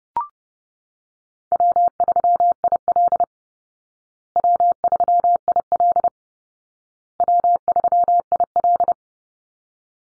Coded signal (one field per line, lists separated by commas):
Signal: Morse code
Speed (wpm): 30 wpm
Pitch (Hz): 700 Hz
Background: none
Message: W3IL W3IL W3IL